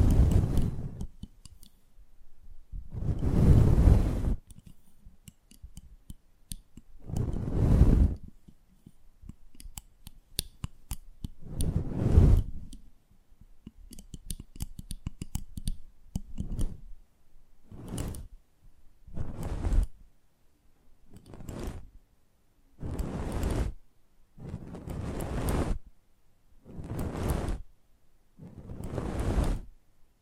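Close-up mic treatment: a series of heavy, rumbling rubbing bursts, each lasting about a second, arriving every two to four seconds and coming more regularly in the second half. Between them, small sharp clicks and crackles scatter across quieter stretches.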